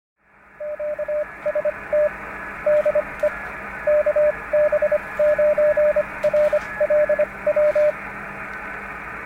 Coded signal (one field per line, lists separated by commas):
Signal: Morse code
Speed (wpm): 25 wpm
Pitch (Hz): 600 Hz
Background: radio noise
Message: QST DE KB9RLW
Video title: Ham Radio - Icom IC 22A minor repair testing and cleanup